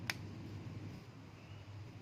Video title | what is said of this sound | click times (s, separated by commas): Repair and Replace Clips Lining Bumbung Lice Drip Roof Molding Proton Wira | the two clips legs into the molding and press it from above until you hear a click sound | 0.1 s